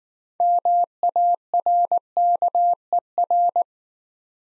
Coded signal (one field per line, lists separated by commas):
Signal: Morse code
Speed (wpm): 19 wpm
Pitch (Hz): 700 Hz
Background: none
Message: MARKER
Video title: Easy Words - Speed-Racing with Hints - 15wpm